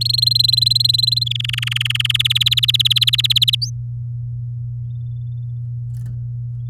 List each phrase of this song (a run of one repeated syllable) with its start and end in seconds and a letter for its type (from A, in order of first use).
0.01-1.24 A, 1.26-2.17 B, 2.19-3.55 C, 3.62-3.70 D